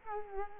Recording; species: mosquito wingbeat signal from an infrared sensor; Culex quinquefasciatus